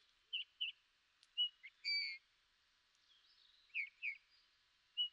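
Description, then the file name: Eurasian bullfinch calls: a few short, soft whistled notes and a longer level piping note, with brief curved chirps in between over a faint hiss. "Pyrrhula pyrrhula"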